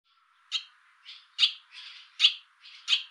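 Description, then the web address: Barn swallow calls: several sharp chirps, each followed by a softer, buzzier note, giving an alternating chirping pattern. "cianscape birddata Deverinetal 2025"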